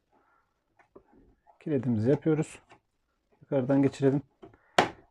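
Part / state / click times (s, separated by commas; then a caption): plastic lock clip into pedal toy tractor body / seated / 4.8 s. A plastic locking clip is passed through the lock slot from above on a pedal toy tractor and pushed home into the tractor body while someone talks. A sharp click at 4.8 seconds shows the clip has seated.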